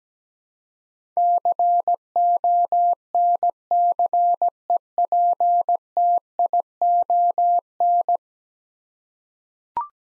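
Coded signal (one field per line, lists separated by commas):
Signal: Morse code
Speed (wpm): 17 wpm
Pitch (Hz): 700 Hz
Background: none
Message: CONCEPTION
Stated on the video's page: Morse practice of 10-letter words at 17 wpm, each word sent twice in Morse around spoken prompts.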